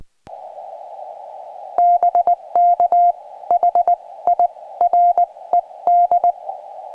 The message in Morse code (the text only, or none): BK HI RED